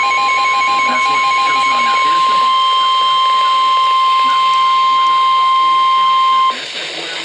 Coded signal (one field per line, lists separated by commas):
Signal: Emergency Alert System (SAME) tones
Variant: 1050 Hz attention tone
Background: speech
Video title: NOAA - Tornado Warning & Flood Warning (EAS #889 - 890)